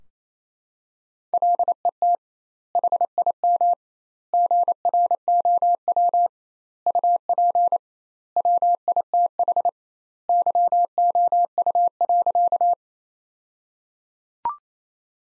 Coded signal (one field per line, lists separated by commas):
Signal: Morse code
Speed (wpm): 28 wpm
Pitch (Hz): 700 Hz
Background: none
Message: LET HIM GROW UP WITH YOU.